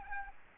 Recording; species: mosquito wingbeat signal from an infrared sensor; Aedes albopictus